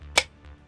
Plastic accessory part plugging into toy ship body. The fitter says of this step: and you hear it click